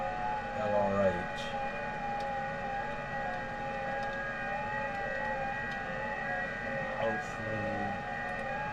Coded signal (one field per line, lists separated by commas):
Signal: FT8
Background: speech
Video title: Saturday Night #ft8 #qrp #hamradio